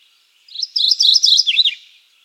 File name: Geothlypis philadelphia - Mourning Warbler